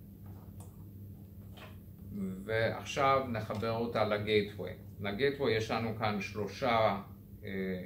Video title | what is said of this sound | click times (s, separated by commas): הדרכה להתקנת מערכת האבטחה טוראקו לייט Turaco Lite | אותה תחילה למצלמה, נשמע קליק, | 0.6 s